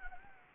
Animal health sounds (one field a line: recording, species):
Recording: mosquito wingbeat signal from an infrared sensor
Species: Anopheles gambiae